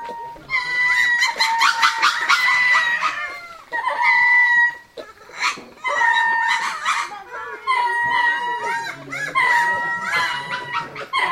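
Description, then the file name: Lemur chorus: many animals give overlapping harmonic wails and sharp yelps, starting in a dense burst, then coming in repeated waves with brief gaps. "cris-de-lémuriens. camp catta"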